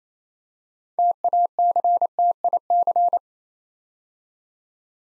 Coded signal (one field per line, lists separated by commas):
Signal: Morse code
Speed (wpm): 29 wpm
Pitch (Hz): 700 Hz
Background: none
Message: TACTIC